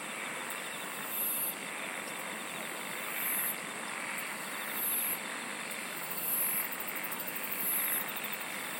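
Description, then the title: Insects singing, with several short very high buzzy bursts over a continuous trilling chorus and hiss. "SINGING OF INSECTS"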